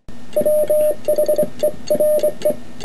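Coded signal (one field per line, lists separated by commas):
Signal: Morse code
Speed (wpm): 24 wpm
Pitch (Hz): 610 Hz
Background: music, radio noise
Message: WHERE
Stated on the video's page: Sent on a right-angle semi-automatic bug by an unsteady operator; close-up camera mic makes the key sound noisier.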